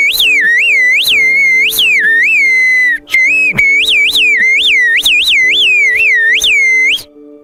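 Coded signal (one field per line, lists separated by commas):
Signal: whistled language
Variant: Turkish (Kuşköy bird language)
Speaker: let's conduct an experiment your friend is far away from us and can't hear what we're saying let's ask her to do something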